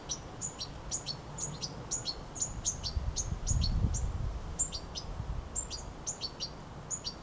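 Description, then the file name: European goldfinch gives repeated high, twittering chirps in short clusters; a low rumbling noise swells briefly near the middle, then fades. "Carduelis carduelis"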